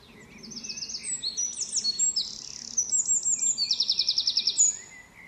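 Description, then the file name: Eurasian wren song, an energetic stream of shrill notes and rattling trills rising in loudness before stopping sharply, with soft background noise. "Troglodytes troglodytes"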